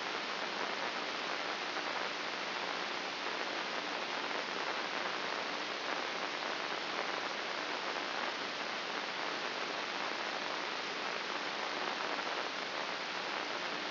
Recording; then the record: brain microelectrode recording played as sound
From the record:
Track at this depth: outside the subthalamic nucleus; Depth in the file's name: 8.028 mm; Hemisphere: left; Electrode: 2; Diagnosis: Parkinson's disease